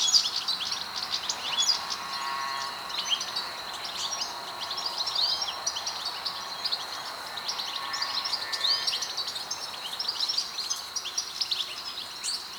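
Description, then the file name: European goldfinch calls: scattered bright, tinkling high chirps and short twitters throughout. "Carduelis carduelis"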